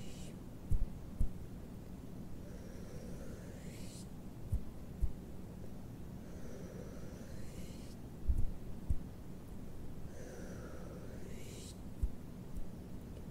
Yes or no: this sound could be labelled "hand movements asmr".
yes